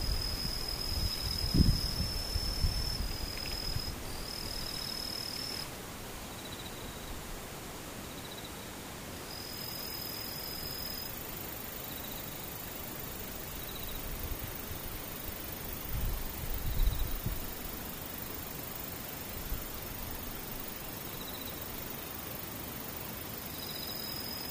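Insects call over a steady hiss: a thin, high trill holds for the first few seconds, then breaks into short, evenly spaced chirps repeating about every second or two. Low rumbling bumps rise briefly near the start and again around sixteen seconds.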